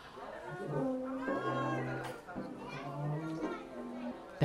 Lola and Sadie, Deborah Catella's pugs, snuggled up together underneath her table. They're snoring.